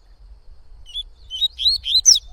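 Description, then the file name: Yellow-bellied seedeater song phrase of high sliding whistles building into a buzzy flourish, heard over a low rumbling background noise. "canto de coleiro baiano"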